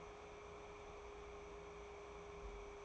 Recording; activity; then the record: daily activity, microphone in the room; take from stove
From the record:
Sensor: 1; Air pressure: 1010.3 hPa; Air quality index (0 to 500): 170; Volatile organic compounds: 12 ppm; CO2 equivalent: 2345 ppm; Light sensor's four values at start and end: 55/143/59/75 and 58/149/61/78